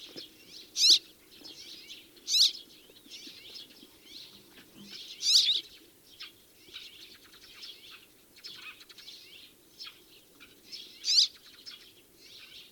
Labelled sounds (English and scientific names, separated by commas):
Rock Sparrow (Petronia petronia) call